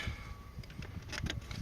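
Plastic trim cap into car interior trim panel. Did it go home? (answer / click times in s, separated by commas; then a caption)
no / none. A small plastic trim cap with snap-back tabs is handled against the interior trim panel of a Fusion during reassembly, with soft handling taps and rustles over a low background rumble. The cap has not seated or clicked into place yet.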